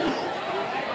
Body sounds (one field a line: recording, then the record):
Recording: coughing mixed with background sound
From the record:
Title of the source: Coughing 77